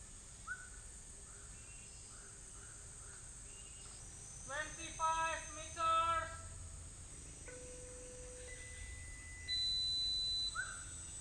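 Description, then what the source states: Bird calls: a few soft slurred whistles, then a series of loud nasal, buzzy calls, followed by steady electronic tones and one last whistle. Recorded in the US on 18 October 2021, around 16:06.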